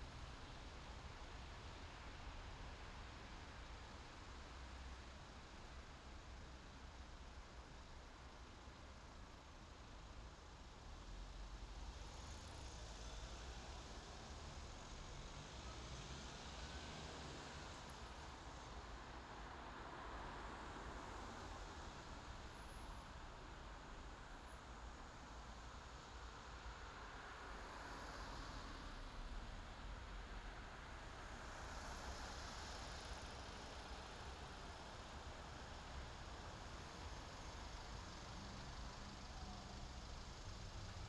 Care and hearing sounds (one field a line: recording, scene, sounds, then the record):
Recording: everyday scene through a hearing-aid microphone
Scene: in traffic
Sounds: traffic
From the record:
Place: main city hub, rush hour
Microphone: in the ear canal, left